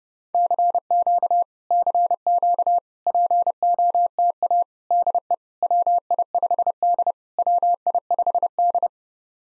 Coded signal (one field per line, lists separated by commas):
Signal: Morse code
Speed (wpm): 30 wpm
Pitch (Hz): 700 Hz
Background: none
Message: CQ CQ POTA DE WI5D WI5D